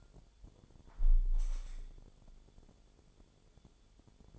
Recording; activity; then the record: daily activity, microphone in the room; close window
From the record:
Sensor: 5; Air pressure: 1015.0 hPa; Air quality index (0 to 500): 102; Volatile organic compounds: 2 ppm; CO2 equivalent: 1093 ppm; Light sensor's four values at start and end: 35/81/33/31 and 35/81/33/31